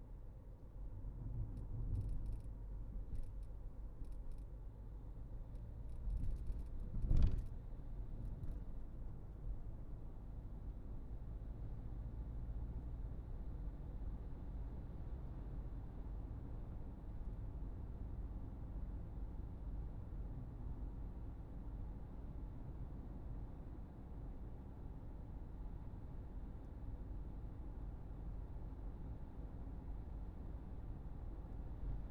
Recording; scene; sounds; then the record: everyday scene through a hearing-aid microphone; in a vehicle; engine, highway driving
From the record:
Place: Berlingo II, diesel engine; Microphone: behind the ear, right, rear